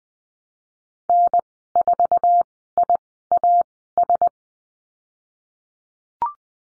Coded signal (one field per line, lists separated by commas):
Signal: Morse code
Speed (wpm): 20 wpm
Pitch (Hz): 700 Hz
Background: none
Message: N4IAS